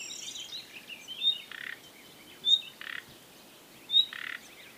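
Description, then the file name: Common nightingale: a clear high whistle followed by a short buzzy croak, repeated three times. "Luscinia megarhynchos"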